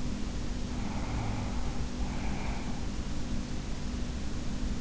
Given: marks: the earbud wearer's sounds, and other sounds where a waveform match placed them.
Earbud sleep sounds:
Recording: sounds in sleep by an in-ear microphone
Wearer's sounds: breath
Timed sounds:
0.64-2.99 s: breath

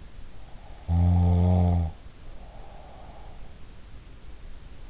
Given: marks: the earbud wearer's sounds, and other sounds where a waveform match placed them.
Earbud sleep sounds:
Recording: sounds in sleep by an in-ear microphone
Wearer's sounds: snoring breath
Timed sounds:
0.69-3.82 s: snoring breath

